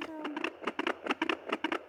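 Rapid, regular swishing pulses, roughly 140 beats a minute, each beat a paired whoosh with a faint low hum beneath. This is the heartbeat of a fetus with Turner syndrome who was not growing as expected, heard on a Doppler the parents bought to listen at home every morning and night.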